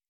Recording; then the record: hydrophone in a shrimp aquaculture tank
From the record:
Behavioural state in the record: normal